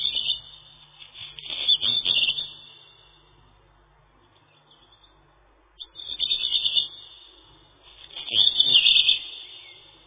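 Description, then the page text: Black redstart song: three brief phrases of harsh, scratchy, crackling notes separated by pauses. "Горихвостка-чернушка (Phoenicurus ochruros)"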